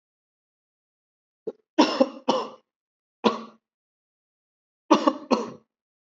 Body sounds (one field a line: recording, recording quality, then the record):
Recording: heavy voluntary cough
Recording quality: excellent, no background noise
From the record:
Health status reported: COVID-19 positive, mild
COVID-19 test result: positive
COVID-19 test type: RT-PCR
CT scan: not taken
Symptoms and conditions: cough, cold, muscle pain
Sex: male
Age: 25 years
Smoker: no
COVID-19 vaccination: both doses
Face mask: worn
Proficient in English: yes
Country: India